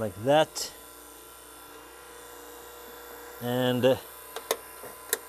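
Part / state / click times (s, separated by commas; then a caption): retaining clip into its mounting hole near the condenser / seated / 4.5 s, 5.1 s. A retaining clip is pressed into its mounting hole near the condenser of a 2005 Honda Accord while someone talks, with a steady background hum. Sharp snaps at 4.5 s and 5.1 s mark the clip seating, and it is confirmed as seated.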